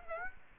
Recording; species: mosquito wingbeat signal from an infrared sensor; Aedes aegypti